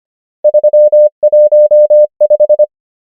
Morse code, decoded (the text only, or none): 3 1 5